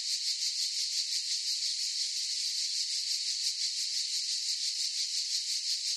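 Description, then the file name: Cicadas droning in chorus, a high continuous buzz that throbs quickly and evenly from start to finish. Cicadas in a forest chorus. "gain walkers CICADAS Forest Chorus"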